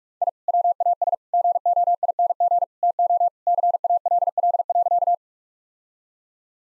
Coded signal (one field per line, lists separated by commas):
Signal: Morse code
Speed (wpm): 42 wpm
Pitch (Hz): 700 Hz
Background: none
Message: I WAS GOING TO CALL.